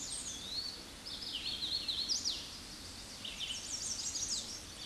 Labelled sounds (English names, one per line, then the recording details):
Red-eyed Vireo song
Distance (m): 40 m
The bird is about 15 m above the microphone
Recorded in a Pennsylvania forest on 16 May 2024 at 08:15
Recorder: AudioMoth, point MSD-2258
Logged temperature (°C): 15.2 °C
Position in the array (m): 118 m, 71 m